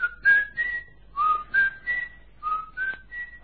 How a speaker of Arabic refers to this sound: سأكمل نزهتي في الطابق العلوي، عندما يخلو الشاطئ ويصلح الجو لعقد مؤتمر جديد أطلق صفارة هكذا.